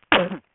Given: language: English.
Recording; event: throat vibration sensor signal played as sound; cough